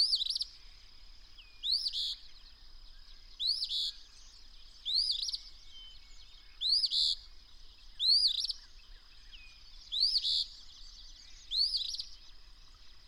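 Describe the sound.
Bird singing repeated phrases of rising whistles and buzzy trills over a persistent high-pitched whine.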